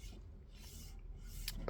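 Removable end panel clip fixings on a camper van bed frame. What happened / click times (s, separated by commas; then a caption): The panel clip fixings clicked free / 1.5 s, 1.7 s. A hand reaches in behind the front end panel of a rock-and-roll bed in a VW T4 camper van conversion to release the panel's clip fixings at top and bottom, so it can come off for storage. After a low rustling background, a short bright click sounds at 1.5 s and another at 1.7 s as the clips release.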